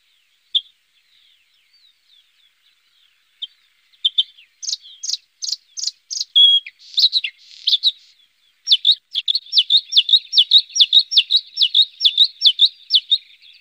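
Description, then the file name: Bluethroat singing, starting with sparse soft notes, moving into buzzy bright phrases, then ending in a long rapid series of repeated ringing notes. "blauwborst bluethroat"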